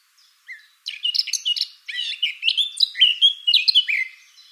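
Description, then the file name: Eurasian blackcap song: a short note, then a fast, jumbled warble of chattering and fluty notes running on for several seconds. "Sylvia atricapilla"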